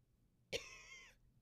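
A single abrupt cough or throat clear from an adult woman, lasting about half a second, with a voiced, rasping edge, set against a quiet background. It is brought on by acid reflux.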